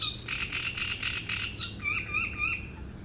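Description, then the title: Great reed warbler song: a burst of loud, coarse, rasping notes repeated quickly, then clearer, sliding whistled phrases. Strident song from a reed bed at Chatillon beach, Chindrieux, France; the species is a migrant from Africa and can sing day and night. "Roselière plage Chatillon, Chindrieux, France - Rousserole turdoïde"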